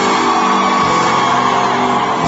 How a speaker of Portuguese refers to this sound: Quem tá se divertindo, joga a mão e dá um grito.